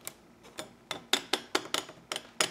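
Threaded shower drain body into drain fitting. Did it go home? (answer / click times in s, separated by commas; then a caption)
no / none. A threaded shower drain body is turned backwards (counter-clockwise) in its drain fitting, feeling for the thread start to drop over the mating thread so it starts true and is not cross-threaded. A series of sharp, bright ticking hits sounds through the clip, loudest around 1.1, 1.3 and 2.4 seconds. Nothing has seated or clicked yet.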